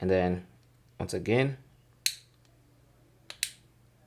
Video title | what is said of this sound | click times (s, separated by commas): Xiaomi Smart Band 8 Pro: How To Remove Bands - Change Bands | snaps in place simple as that | 3.4 s